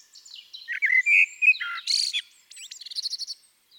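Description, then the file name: Eurasian blackbird song: a mellow whistled warble, then a burst of buzzy high twittering and a quick run of repeated thin notes. "Turdus merula"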